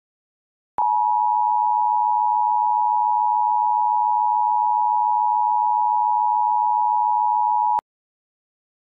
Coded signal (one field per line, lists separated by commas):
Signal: Emergency Alert System (SAME) tones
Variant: 853 and 960 Hz attention tone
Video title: top 10 emergency alert system alerts you never wanna see